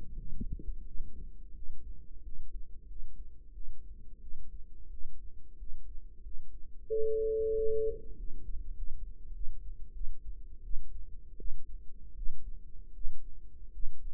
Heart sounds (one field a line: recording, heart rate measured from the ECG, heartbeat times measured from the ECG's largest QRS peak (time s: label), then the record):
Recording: heart sounds by microphone in the right ear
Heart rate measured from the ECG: 89 bpm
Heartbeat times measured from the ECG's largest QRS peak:
0.16 s: heartbeat
0.84 s: heartbeat
1.52 s: heartbeat
2.21 s: heartbeat
2.86 s: heartbeat
3.51 s: heartbeat
4.19 s: heartbeat
4.88 s: heartbeat
5.56 s: heartbeat
6.21 s: heartbeat
6.87 s: heartbeat
7.53 s: heartbeat
8.15 s: heartbeat
8.74 s: heartbeat
9.32 s: heartbeat
9.92 s: heartbeat
10.62 s: heartbeat
11.36 s: heartbeat
12.14 s: heartbeat
12.92 s: heartbeat
13.71 s: heartbeat
From the record:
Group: healthy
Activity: Valsalva maneuver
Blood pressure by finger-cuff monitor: 77/52 mmHg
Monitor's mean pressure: 65 mmHg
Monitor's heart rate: 84 bpm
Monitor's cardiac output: 6.8 L/min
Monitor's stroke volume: 79 mL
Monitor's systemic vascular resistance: 620 dyn s/cm5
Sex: female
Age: 19 years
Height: 163 cm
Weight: 48.9 kg